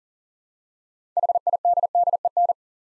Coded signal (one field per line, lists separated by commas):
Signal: Morse code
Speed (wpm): 43 wpm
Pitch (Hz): 700 Hz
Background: none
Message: HIDDEN